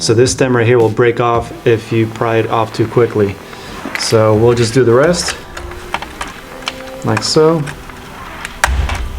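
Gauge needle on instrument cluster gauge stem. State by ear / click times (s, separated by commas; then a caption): released / 8.6 s. On a 1999–2006 Chevrolet Silverado 1500/2500/3500 instrument cluster, another plastic gauge needle is pried slowly off its metal gauge stem while someone talks. A few small clicks and taps come from the work, then the needle snaps off its stem and pops free with a sharp click at 8.6 s.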